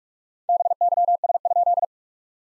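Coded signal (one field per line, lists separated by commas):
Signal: Morse code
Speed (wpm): 46 wpm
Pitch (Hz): 700 Hz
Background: none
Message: BYS?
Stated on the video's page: SOTA exchange practice at 45 wpm, each exchange sent in Morse, then spoken, then sent again.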